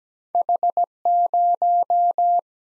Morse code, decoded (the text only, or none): H0